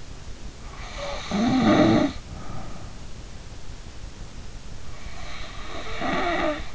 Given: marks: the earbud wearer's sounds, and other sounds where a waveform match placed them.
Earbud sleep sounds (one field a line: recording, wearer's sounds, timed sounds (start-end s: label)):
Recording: sounds in sleep by an in-ear microphone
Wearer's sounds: snoring breath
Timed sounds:
0.82-2.83 s: snoring breath
5.04-6.75 s: snoring breath